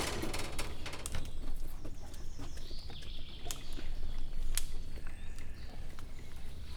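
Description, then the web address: Père David's deer joint clicking, irregular cracks and taps scattered throughout over low background noise. Captive animal in a zoo in Miskolc, recorded 2018; crackling sound of the deer's leg joints. "2018 david szarvas ropogolazaizuletek"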